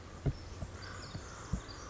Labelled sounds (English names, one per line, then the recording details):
Pacific Wren
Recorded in Sonoma County, California